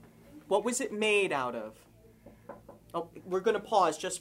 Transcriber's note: a knock on the door can be heard in the background, a reporter and photographer from the local newspaper enter the room